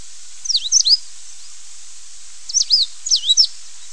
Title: LuckyPassaro Completos2Sama. Coal-crested Finch (Charitospiza eucosma)